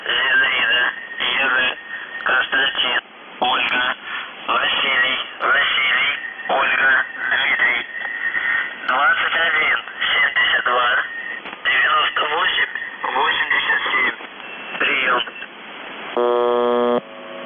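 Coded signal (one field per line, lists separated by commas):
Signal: numbers station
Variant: UVB-76, Russian voice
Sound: voice reading words over a radio channel, then a short harsh buzz at the end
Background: radio static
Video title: The Buzzer/UVB-76(4625Khz) June 24, 2021 07:54UTC Voice message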